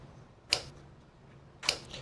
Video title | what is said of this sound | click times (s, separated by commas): Server Memory Overview & Upgrade | those two clicks are the tabs the white tabs | 0.5 s, 1.7 s